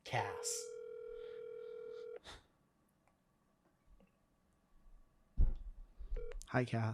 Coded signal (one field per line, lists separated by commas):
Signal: telephone call progress tone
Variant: North America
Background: speech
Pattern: ringback tone